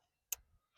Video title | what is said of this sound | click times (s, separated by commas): Replacing the purge valve solenoid on a 2013 Fiat 500 Abarth! | You'll hear it click. Top one second. | 0.3 s